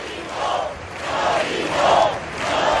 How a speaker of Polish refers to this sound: Po kilku chwilach ciszy 1000 osób na Placu Katalońskim zaczęło klaskać, oddając hołd zabitym. Tłum skandował przez kilka minut: nie boimy się.